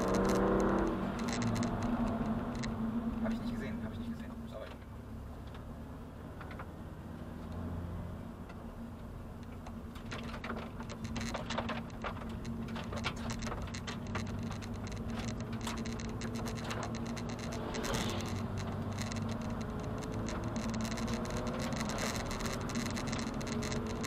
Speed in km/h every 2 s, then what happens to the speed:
82, 41, 40, 46, 46, 47, 52, 58, 64, 75, 85, 102.
0-2 brakes to 41. 4-24 speeds up to 102.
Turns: none.